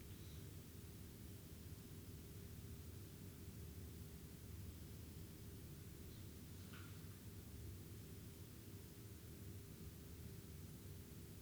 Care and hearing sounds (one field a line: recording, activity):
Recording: daily activity, guitar pickup as the sensor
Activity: lie down